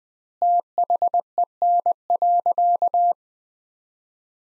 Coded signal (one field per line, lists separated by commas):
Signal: Morse code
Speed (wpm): 21 wpm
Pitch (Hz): 700 Hz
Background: none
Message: THEN.